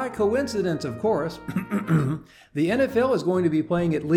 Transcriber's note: cough